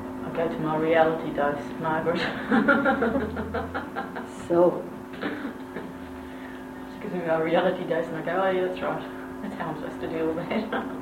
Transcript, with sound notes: I go to my reality dose with Margaret. (laughter) So... She gives me my reality dose and I go oh, that's right that's how I’m supposed to deal with that.